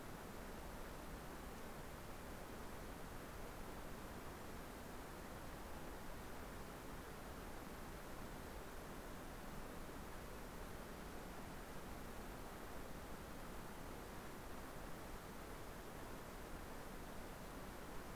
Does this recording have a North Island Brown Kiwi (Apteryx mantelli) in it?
no